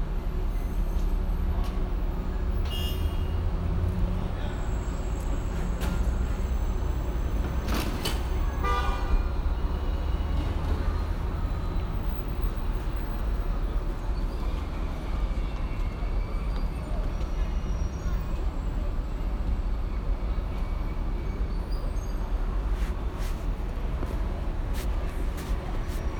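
A field recording of a visit to Colin Siyuan Chinnery's sound piece 'Window Pain' at the Tattoo Parlour space in Beijing. A dense, steady low rumble like passing traffic runs throughout, with faint voices and scattered sharp clicks and taps, clustered around eight seconds.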